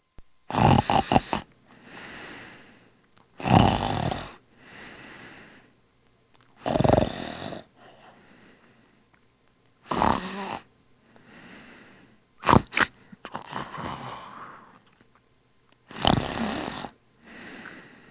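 An adult snoring in sleep: six loud, rattling snores at roughly three-second intervals, each followed by a softer, breathy breath.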